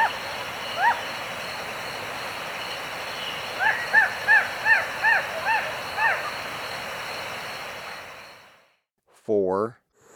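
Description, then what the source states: Bird calling a short run of several quick arched notes, preceded by a single note, over a constant high drone; after a brief silence a louder harsh sound breaks in at the end. Ecuador, South America.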